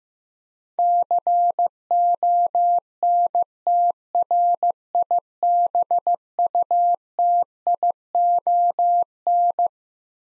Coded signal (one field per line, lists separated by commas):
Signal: Morse code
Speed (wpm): 15 wpm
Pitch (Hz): 700 Hz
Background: none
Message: CONTRIBUTION